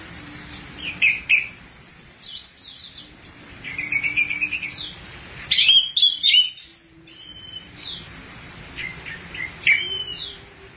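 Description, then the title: Thrush song of varied slurred whistles, short trills and high thin notes in lively bursts, with a faint low tone underneath. "burung anis x"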